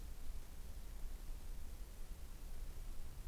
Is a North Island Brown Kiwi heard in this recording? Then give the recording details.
no. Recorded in New Zealand on 20 November 2014. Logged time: 21:29. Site CL78